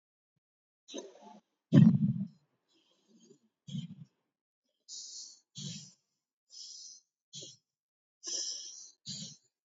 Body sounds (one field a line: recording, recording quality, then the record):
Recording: deep breathing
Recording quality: excellent, no background noise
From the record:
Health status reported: healthy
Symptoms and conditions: none ticked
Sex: female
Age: 39 years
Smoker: not ticked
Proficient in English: yes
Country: India